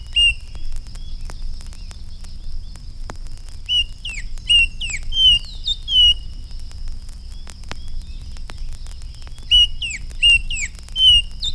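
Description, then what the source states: Baltimore Oriole song: groups of clear, slurred whistled notes, several falling in pitch, coming in two bursts over a steady low hum. Loud, clear, relatively low-pitched song of single notes and slurred phrases.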